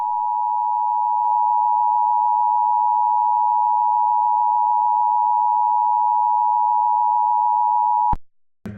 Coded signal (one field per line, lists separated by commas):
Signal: Emergency Alert System (SAME) tones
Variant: 853 and 960 Hz attention tone